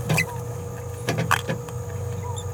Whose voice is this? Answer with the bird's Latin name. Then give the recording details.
Forpus passerinus. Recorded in a nest box in Venezuela. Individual 18B17A4